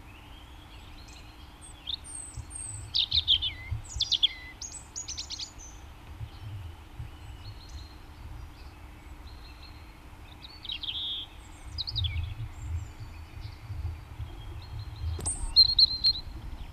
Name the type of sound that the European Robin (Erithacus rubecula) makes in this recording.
song